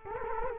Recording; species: mosquito wingbeat signal from an infrared sensor; Culex quinquefasciatus